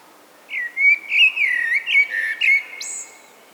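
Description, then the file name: Common blackbird singing a rich, fluty warbled phrase of linked whistles that ends with a thin, high squeaky flourish, in calm surroundings. "Turdus merula"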